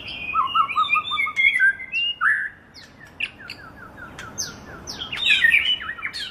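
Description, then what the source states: White-rumped shama song of varied whistles, a rapid repeated stuttering run of notes, then sweeping slurs and high sharp notes mixed with chips. Medan murai variety.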